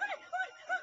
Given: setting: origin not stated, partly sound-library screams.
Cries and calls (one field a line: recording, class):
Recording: one-second piece from a danger detection set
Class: woman in danger